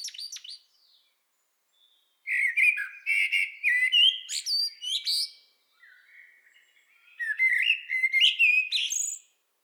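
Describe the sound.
Common blackbird singing mellow whistled phrases with high squeaky flourishes, in several bursts separated by quiet gaps.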